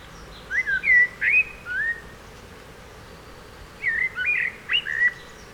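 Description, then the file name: Common blackbird with two separate phrases of rich, flute-like whistled notes, each a few rising and falling slurs, separated by a pause of about two seconds. "Turdus merula"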